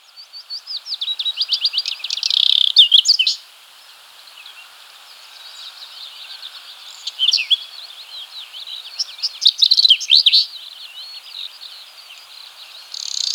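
Whinchat singing varied, rapid, scratchy phrases that rise in loudness. A longer chattering burst is followed by quieter warbling and then another energetic phrase.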